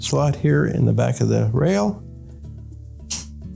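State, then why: Seated. Someone talks while a new plastic door strike, Whirlpool part WP8580309, is slid into its slot on a Whirlpool dishwasher tub rail and pushed back so its rear end goes into the slot in the back of the rail. After a short quiet stretch, a sharp click sounds at 3.1 s as the strike snaps into place. The door strike is seated in the rail.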